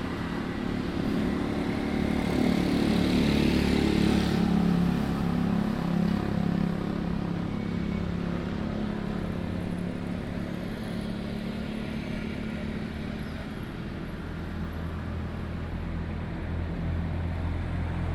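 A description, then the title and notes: Beside a seaside promenade, a steady low rumble of passing traffic swells around two to five seconds as a motorbike goes by. Malecón – Puerto Plata, Dominican Republic (Binaural Field Recording). I left Long Beach and walked to the Malecón. I found a shady spot near the beachside bars and chiringuitos.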